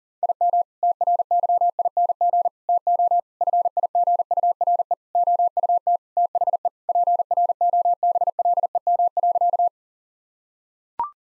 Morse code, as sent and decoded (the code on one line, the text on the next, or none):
.. -- / - .-. -.-- .. -. --. / - --- / ..-. .. --. ..- .-. . / --- ..- - / - .... . / .--. .-. --- -... .-.. . -- .-.-.-
IM TRYING TO FIGURE OUT THE PROBLEM.